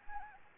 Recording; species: mosquito wingbeat signal from an infrared sensor; Anopheles arabiensis